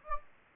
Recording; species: mosquito wingbeat signal from an infrared sensor; Anopheles gambiae